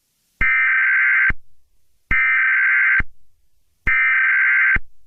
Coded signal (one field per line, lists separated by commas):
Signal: Emergency Alert System (SAME) tones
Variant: header bursts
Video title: EAS Scenario #7: The Great Cleansing